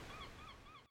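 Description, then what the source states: Gull calls: three short, harmonic yelping notes, each rising then dipping, given in quick succession over a steady low rushing background like surf or wind. Chicago.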